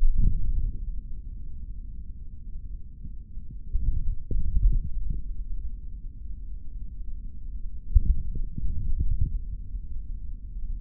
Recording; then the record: forearm muscle sounds (acoustic myography)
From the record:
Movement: hand closing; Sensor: system 3, bracelet of six PUI Audio POM-2738L microphones around the upper forearm, with dedicated amplification and filtering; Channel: 2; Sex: male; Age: 26 years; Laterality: right